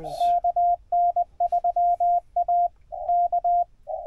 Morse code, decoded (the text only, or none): KN3A K